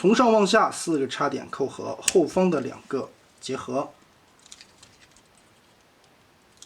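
Someone talks while joining the four insertion points of a transforming robot toy's plastic parts from top to bottom, with the two rear ones combined, pressing a plastic toy panel's pegs into sockets on the rear arm. After the talk, a run of small plastic taps ends in a sharper click at 6.6 s as the parts lock together.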